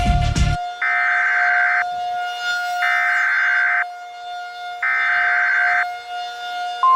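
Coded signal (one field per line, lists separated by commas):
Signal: Emergency Alert System (SAME) tones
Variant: header bursts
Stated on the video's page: Fictional EAS scenario about a sunless Earth, not a real alert.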